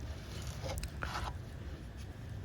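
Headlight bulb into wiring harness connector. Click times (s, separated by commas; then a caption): 0.8 s, 1.0 s. A new headlight bulb for a Ford Explorer is pushed into its plastic wiring harness connector, with faint scraping and handling noise under short sharp clicks at 0.8 s, 0.8 s and 1.0 s. The connector clicks in and the bulb is seated.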